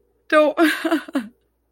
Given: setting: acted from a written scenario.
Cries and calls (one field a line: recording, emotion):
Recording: vocal sound without words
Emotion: amusement